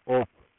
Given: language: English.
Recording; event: throat vibration sensor signal played as sound; speech